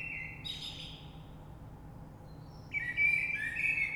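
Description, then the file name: Common blackbird, the end of one fluted phrase, a pause, then a clear whistled start of the next phrase with high twitter above. Recorded 3 March 2020. "Rush Merle"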